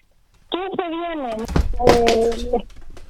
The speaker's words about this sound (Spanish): Oye, tenemos un capítulo con chascarros. Se nos cayó el teléfono. Vamos a llamarla de nuevo.